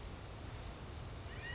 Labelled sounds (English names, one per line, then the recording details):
California Quail
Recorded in Sonoma County, California